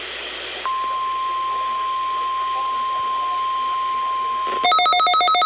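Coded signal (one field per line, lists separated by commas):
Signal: Emergency Alert System (SAME) tones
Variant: 1050 Hz attention tone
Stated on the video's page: Required Weekly Tests from Missoula and Kalispell weather radio stations.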